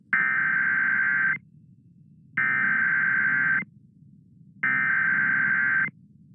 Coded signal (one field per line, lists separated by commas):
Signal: Emergency Alert System (SAME) tones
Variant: header bursts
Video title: NWS CHARLESTON WV TAKEOVER... (EAS ALERTS 3491-3527 FROM 08/01/22)